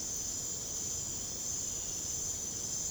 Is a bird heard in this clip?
no